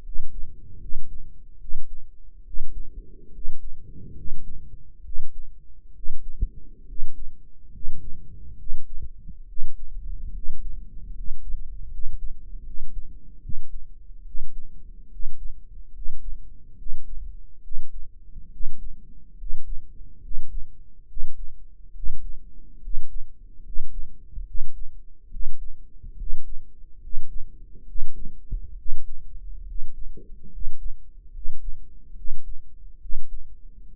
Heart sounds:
heart sounds by microphone in the right ear; 71 bpm
0.01 s: heartbeat
0.78 s: heartbeat
1.57 s: heartbeat
2.43 s: heartbeat
3.30 s: heartbeat
4.13 s: heartbeat
5.02 s: heartbeat
5.92 s: heartbeat
6.85 s: heartbeat
7.70 s: heartbeat
8.56 s: heartbeat
9.45 s: heartbeat
10.32 s: heartbeat
11.12 s: heartbeat
11.88 s: heartbeat
12.63 s: heartbeat
13.40 s: heartbeat
14.23 s: heartbeat
15.09 s: heartbeat
15.91 s: heartbeat
16.75 s: heartbeat
17.61 s: heartbeat
18.49 s: heartbeat
19.35 s: heartbeat
20.20 s: heartbeat
21.06 s: heartbeat
21.92 s: heartbeat
22.79 s: heartbeat
23.62 s: heartbeat
24.44 s: heartbeat
25.29 s: heartbeat
26.15 s: heartbeat
26.99 s: heartbeat
27.84 s: heartbeat
28.75 s: heartbeat
29.64 s: heartbeat
30.49 s: heartbeat
31.30 s: heartbeat
32.14 s: heartbeat
32.98 s: heartbeat
33.85 s: heartbeat
From the record:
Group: healthy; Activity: rest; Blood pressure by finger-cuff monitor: 110/71 mmHg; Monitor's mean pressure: 82 mmHg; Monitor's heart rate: 70 bpm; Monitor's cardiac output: 6.4 L/min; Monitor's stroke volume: 90 mL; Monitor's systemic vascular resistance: 930 dyn s/cm5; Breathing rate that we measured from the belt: 15 breaths a minute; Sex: male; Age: 23 years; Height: 178 cm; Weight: 96.6 kg

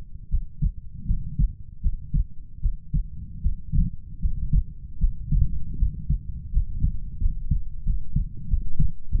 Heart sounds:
heart sounds by stethoscope; 82 bpm
0.29 s: heartbeat
1.05 s: heartbeat
1.81 s: heartbeat
2.60 s: heartbeat
3.41 s: heartbeat
4.19 s: heartbeat
4.98 s: heartbeat
5.77 s: heartbeat
6.51 s: heartbeat
7.19 s: heartbeat
7.84 s: heartbeat
8.48 s: heartbeat
9.09 s: heartbeat
From the record:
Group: healthy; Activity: rest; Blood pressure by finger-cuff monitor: 91/52 mmHg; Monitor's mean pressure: 65 mmHg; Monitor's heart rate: 79 bpm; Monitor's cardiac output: 7.1 L/min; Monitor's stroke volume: 91 mL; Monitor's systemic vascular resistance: 650 dyn s/cm5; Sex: female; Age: 19 years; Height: 163 cm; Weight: 48.9 kg

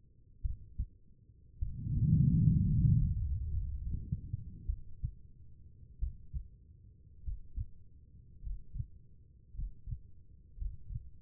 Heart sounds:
heart sounds by stethoscope; 53 bpm
0.42 s: heartbeat
1.59 s: heartbeat
2.63 s: heartbeat
3.49 s: heartbeat
4.66 s: heartbeat
5.99 s: heartbeat
7.23 s: heartbeat
8.41 s: heartbeat
9.53 s: heartbeat
10.56 s: heartbeat
From the record:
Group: healthy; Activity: rest 0-2 s, Valsalva maneuver 2-11 s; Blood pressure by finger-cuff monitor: 94/63 mmHg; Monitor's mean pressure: 73 mmHg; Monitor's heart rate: 51 bpm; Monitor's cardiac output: 4 L/min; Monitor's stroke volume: 75 mL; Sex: female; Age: 36 years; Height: 163 cm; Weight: 88 kg

